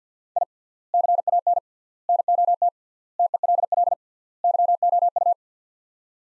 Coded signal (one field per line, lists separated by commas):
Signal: Morse code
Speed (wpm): 50 wpm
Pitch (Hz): 700 Hz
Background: none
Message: I CAN NOT TELL YOU